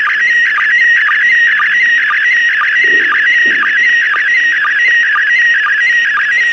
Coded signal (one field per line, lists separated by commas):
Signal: SSTV (slow-scan television)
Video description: Foi capturado áudio da transmissão em SSTV da ISS e registrado em vídeo. Deste áudio, via aplicação RX-SSTV, se decodificou a imagem.